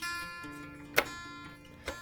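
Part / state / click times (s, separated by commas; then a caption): beater into hand mixer socket / seated / 1.0 s. A metal beater is pushed into its socket on an electric hand mixer until it clicks and locks in place. A sharp click is heard at 1.0 s, followed by a softer knock at 1.9 s over a faint, steady tonal background. The beater is seated.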